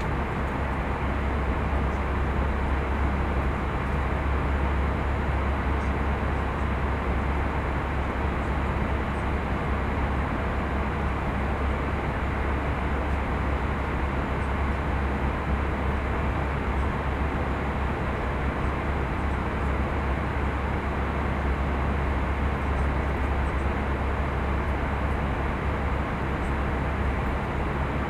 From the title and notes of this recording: Airplane Cabin White Noise.